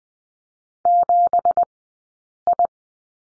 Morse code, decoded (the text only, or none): 7I